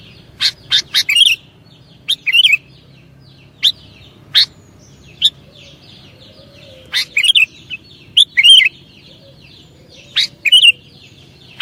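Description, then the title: Sooty-headed bulbul gives short, bubbly phrases of chirps, repeated several times. "kutilang"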